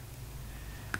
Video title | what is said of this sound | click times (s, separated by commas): DIY Spectra watermaker rebuild - Sailing Exodos, ep.47 | and then carefully try to slide in i feel it click inside it's not straight yet | 0.9 s